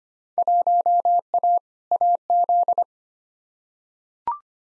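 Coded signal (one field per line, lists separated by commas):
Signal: Morse code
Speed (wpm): 25 wpm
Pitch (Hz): 700 Hz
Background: none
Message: 1A AZ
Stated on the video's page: Morse code practice of Field Day exchanges at 25 wpm for head-copy, each sent, spoken, then sent again; exchanges weighted roughly by 2019 participation.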